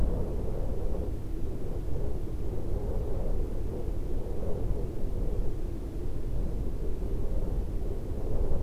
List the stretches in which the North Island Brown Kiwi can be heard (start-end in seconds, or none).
none